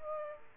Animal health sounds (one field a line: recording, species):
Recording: mosquito wingbeat signal from an infrared sensor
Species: Aedes aegypti